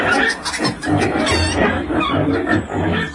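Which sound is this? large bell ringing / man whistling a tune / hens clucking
hens clucking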